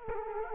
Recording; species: mosquito wingbeat signal from an infrared sensor; Culex quinquefasciatus